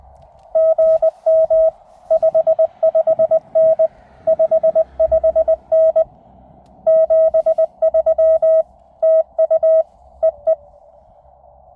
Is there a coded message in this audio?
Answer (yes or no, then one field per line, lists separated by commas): yes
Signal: Morse code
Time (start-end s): 0.6-10.5 s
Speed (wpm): 20 wpm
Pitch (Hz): 640 Hz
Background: none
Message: GM 55N 55N 73 TU EE